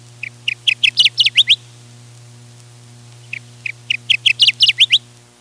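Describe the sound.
Kirtland's Warbler giving two matching song phrases about three seconds apart, each a quick run of chips that swells into loud emphatic notes; steady low hum.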